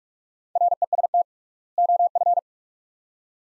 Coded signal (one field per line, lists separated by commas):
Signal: Morse code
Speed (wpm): 47 wpm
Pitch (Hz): 700 Hz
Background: none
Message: REST OF